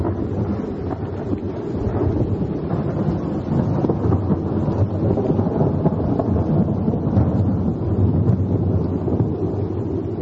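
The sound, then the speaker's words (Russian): A loud, steady thunderstorm: deep rolling thunder rumbles continuously beneath heavy rain and gusting wind, with no voices present. “Страшные ночи с громом, молнией, дождем и ветром, которые в народе называют воробьиными.”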